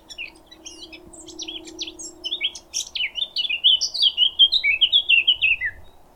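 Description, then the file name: Eurasian blackcap singing a hurried, scratchy warble that breaks into clear, fluty whistled notes near the end, with a steady low hum underneath during the first half. Recorded 26 April 2023. "Fauvette a tete noire 2023-04-26"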